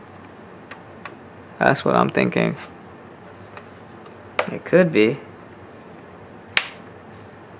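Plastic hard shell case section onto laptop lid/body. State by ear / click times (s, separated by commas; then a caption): partly seated / 6.6 s. A plastic hard shell case section is pressed onto a MacBook Air laptop while someone talks, with a few faint ticks early on. One sharp snap rings out at 6.6 s. The clip snaps, but the case may not be fully on.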